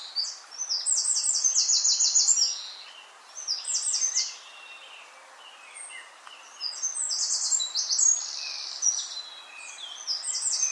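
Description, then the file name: Eurasian wren singing loud, fast, high-pitched phrases of quick repeated notes and rattling trills, in several bursts separated by brief gaps over a faint hiss. "Troglodytes troglodytes"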